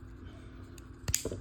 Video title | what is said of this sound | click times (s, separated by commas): TRANSFORMERS - AotP Nexus Prime | and it'll snap in. | 1.1 s